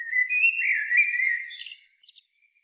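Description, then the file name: Eurasian blackbird song: one sustained, fluty warbling phrase followed by a burst of high twittering squeaks. "Turdus merula"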